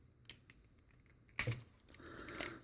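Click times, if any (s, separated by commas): none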